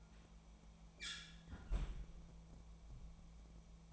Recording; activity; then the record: daily activity, microphone in the room; close fridge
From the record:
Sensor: 1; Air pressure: 1000.0 hPa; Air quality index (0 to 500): 136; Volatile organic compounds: 2 ppm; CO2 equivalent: 1284 ppm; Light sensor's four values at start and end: 37/92/39/47 and 37/93/39/48